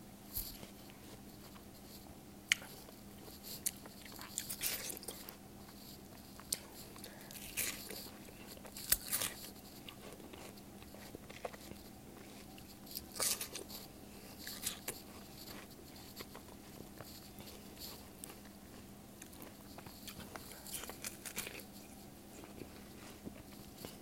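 Someone eats watermelon, with irregular crisp bites and wet, squishy chewing sounds scattered throughout. Sharper crunches stand out near the start and around nine and thirteen seconds. A steady low hum runs underneath the whole time.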